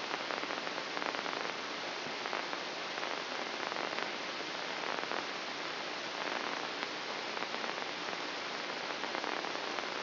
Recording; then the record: brain microelectrode recording played as sound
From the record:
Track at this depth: inside the subthalamic nucleus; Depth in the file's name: 5.506 mm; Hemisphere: left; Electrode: 2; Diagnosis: Parkinson's disease